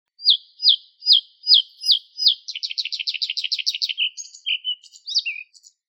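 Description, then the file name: Bluethroat song opening with five evenly spaced high downslurred notes, then a fast rattling trill and a few varied chirps and twangs. "Luscinia svecica"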